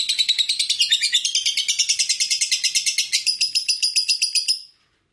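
Lovebird delivering a rapid, buzzy high chatter of fast repeated notes for about four and a half seconds, then stopping abruptly into silence.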